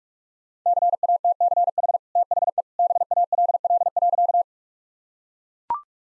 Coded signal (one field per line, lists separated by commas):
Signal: Morse code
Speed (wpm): 42 wpm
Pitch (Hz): 700 Hz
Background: none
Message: CATCH THE BALL.